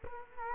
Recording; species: mosquito wingbeat signal from an infrared sensor; Culex quinquefasciatus